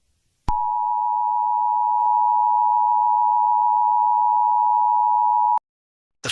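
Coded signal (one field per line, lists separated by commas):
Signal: Emergency Alert System (SAME) tones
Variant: 853 and 960 Hz attention tone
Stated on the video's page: Fictional EAS scenario, not a real alert.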